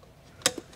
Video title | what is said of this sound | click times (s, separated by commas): How to install plug and play amplifiers into your 2014+ Toyota Tundra Non JBL | you'll hear that one click | 0.5 s